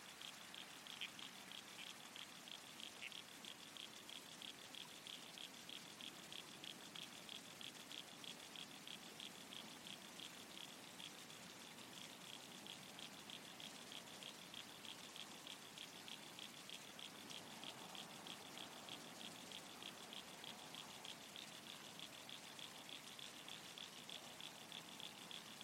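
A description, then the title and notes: Red-crowned toadlet soundscape: a steady, dense hiss like rain runs unbroken for the whole stretch. Over it, a high, rapidly pulsing chorus trills continuously without pause. Around seventeen to twenty-one seconds a softer mid-pitched murmur briefly thickens the background. Soundscape - Red-Crowned Toadlet.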